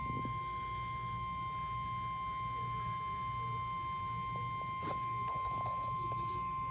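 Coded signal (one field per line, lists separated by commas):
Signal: Emergency Alert System (SAME) tones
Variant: 1050 Hz attention tone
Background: speech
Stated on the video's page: EAS alerts received on a WR300 weather radio.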